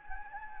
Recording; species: mosquito wingbeat signal from an infrared sensor; Anopheles gambiae